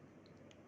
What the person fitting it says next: ดังแก๊กนะครับ